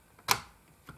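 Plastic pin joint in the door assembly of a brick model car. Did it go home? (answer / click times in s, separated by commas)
yes / 0.3 s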